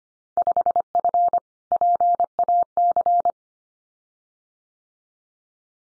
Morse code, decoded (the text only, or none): 5F PAC